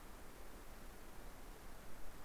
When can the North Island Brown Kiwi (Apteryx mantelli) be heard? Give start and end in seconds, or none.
none